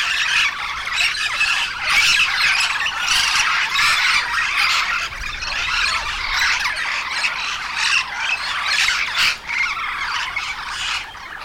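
Yellow-shouldered parrot chorus, a long steady stream of coarse squawks and squeals from many birds, barely pausing, with a brief lull near the end.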